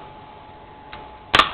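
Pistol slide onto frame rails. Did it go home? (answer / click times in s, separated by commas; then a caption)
yes / 1.4 s. During reassembly of an S&W SW9VE 9mm pistol, the steel slide, lined up with the two rails at the back of the polymer frame, is slid back on and given a push. A faint tick at 0.9 s is followed by a loud, sharp click at 1.4 s as the slide seats onto the frame.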